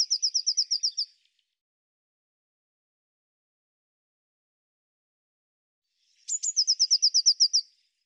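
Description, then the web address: Eurasian blue tit singing two short trills of rapid, high, even notes, the second opening with sharp thin notes, separated by a long pause. "Deverinetal"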